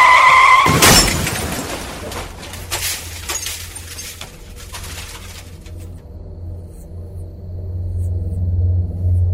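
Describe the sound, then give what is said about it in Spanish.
A car's tires screech briefly before a loud, sharp crash with shattering glass and metal, followed by scattered debris clattering and a low engine rumble that lingers afterward. An argument in the car caused the crash, shortly after 1 a.m., while driving back from Pesaguero in the Liébana region. “Una discusión absurda provocó el accidente.”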